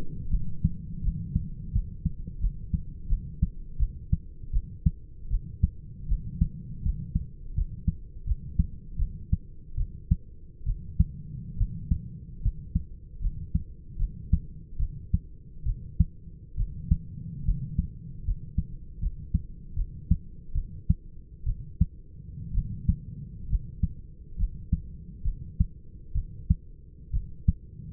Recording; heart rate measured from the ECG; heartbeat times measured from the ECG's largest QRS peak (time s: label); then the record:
heart sounds by stethoscope; 74 bpm
0.30 s: heartbeat
1.02 s: heartbeat
1.73 s: heartbeat
2.40 s: heartbeat
3.08 s: heartbeat
3.78 s: heartbeat
4.52 s: heartbeat
5.30 s: heartbeat
6.08 s: heartbeat
6.83 s: heartbeat
7.55 s: heartbeat
8.26 s: heartbeat
8.98 s: heartbeat
9.76 s: heartbeat
10.65 s: heartbeat
11.57 s: heartbeat
12.42 s: heartbeat
13.21 s: heartbeat
13.98 s: heartbeat
14.78 s: heartbeat
15.65 s: heartbeat
16.56 s: heartbeat
17.45 s: heartbeat
18.24 s: heartbeat
19.00 s: heartbeat
19.75 s: heartbeat
20.54 s: heartbeat
21.45 s: heartbeat
22.53 s: heartbeat
23.49 s: heartbeat
24.37 s: heartbeat
25.23 s: heartbeat
26.13 s: heartbeat
27.12 s: heartbeat
From the record:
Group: healthy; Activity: light exercise 0-11 s, rest 11-28 s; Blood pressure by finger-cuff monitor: 170/69 mmHg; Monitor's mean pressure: 93 mmHg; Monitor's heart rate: 75 bpm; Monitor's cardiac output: 7.8 L/min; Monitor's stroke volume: 106 mL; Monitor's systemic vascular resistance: 850 dyn s/cm5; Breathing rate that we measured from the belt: 11 breaths a minute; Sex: male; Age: 25 years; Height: 170 cm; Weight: 70.4 kg